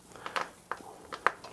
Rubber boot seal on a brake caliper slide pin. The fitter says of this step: we'll slide that back in and then you want to make sure that the seal fits over the piece so you'll hear it pop